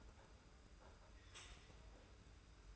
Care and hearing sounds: daily activity, microphone in the room; take from stove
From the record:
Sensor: 2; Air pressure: 991.0 hPa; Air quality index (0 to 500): 111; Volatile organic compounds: 51 ppm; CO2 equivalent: 3312 ppm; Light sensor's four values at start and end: 34/102/40/38 and 34/102/40/38

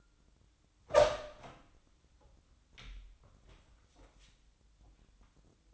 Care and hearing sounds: daily activity, microphone in the room; open door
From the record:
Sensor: 3

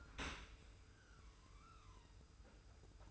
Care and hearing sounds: daily activity, microphone in the room; open dishwasher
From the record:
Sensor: 2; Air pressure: 991.2 hPa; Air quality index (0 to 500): 144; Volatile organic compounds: 313 ppm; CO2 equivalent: 4509 ppm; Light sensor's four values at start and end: 41/118/46/44 and 41/117/46/44

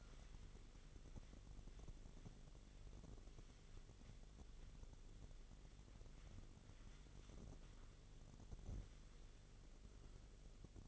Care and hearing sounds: daily activity, microphone in the room; wipe stove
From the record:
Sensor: 4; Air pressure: 1004.2 hPa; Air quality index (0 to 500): 156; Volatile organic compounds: 2 ppm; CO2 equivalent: 1110 ppm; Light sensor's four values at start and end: 13/31/13/13 and 13/30/12/13

